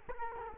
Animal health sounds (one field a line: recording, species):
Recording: mosquito wingbeat signal from an infrared sensor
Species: Culex quinquefasciatus